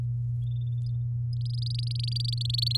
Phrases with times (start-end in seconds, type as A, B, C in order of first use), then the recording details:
1.33-2.77 A. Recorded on 7 May 2018 at 14:19. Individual llb16